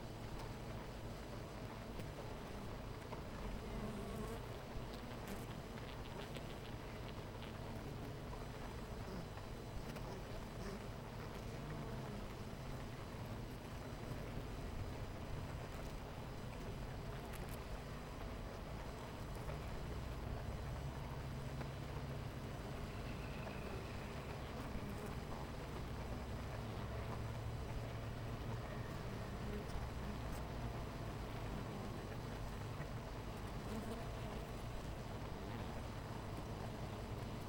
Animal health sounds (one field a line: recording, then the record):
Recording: honeybee colony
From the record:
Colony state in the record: missing queen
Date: 14 July 2017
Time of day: 10:27